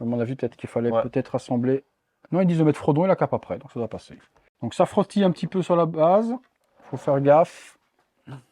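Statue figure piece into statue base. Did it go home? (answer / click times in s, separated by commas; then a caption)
no / none. Someone talks while fitting the resin/polystone Frodo figure piece (with cape) from a Prime 1 Studio Lord of the Rings Frodo and Gollum statue, angling and pushing it onto the statue base, where it rubs slightly on the way in. Nothing has seated or clicked yet in this clip.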